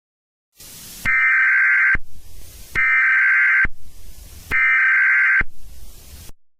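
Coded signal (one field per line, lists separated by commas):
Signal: Emergency Alert System (SAME) tones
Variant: header bursts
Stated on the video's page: Made-up EAS scenario.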